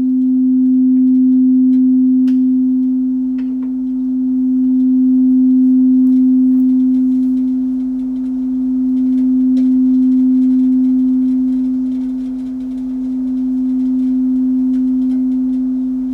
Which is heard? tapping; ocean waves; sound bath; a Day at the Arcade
sound bath